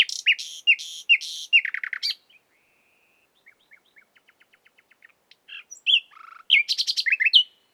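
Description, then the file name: Common nightingale song: bursts of rapid, repeated loud notes, a pause with faint soft clicks, then another fast, rich phrase. "Luscinia megarhynchos"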